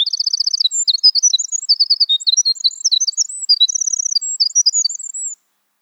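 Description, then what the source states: Wren song, a long, loud, high-pitched stream of sharp chips, fast rattling trills and bright whistled notes that runs without pause for over five seconds. Winter.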